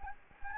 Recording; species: mosquito wingbeat signal from an infrared sensor; Anopheles gambiae